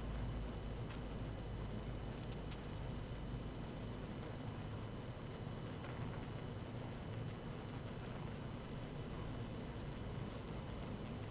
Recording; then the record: honeybee colony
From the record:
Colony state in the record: active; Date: 12 June 2018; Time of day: 17:56